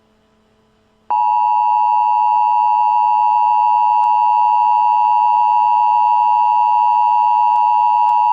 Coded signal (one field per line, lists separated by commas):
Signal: Emergency Alert System (SAME) tones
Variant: 853 and 960 Hz attention tone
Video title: EAS Scenario: The Bee-Pocolypse!